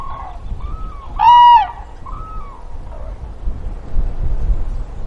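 Common crane bugling: a loud, resonant trumpet note in the middle, with shorter, softer calls before and after, over a light low rumble.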